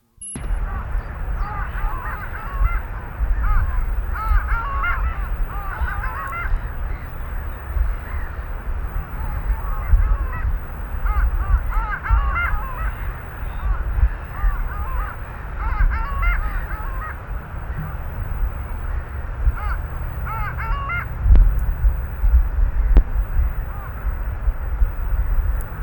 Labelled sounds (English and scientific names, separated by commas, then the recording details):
Long-tailed Duck (Clangula hyemalis) call
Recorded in the wild
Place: Palmer Ort, Zudar, Insel Rügen, Mecklenburg-Vorpommern, DE
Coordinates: 54.269, 13.373
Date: 1971-03-21
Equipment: Nagra III BH, Sennheiser MD 21, parabola
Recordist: Schubert, Michael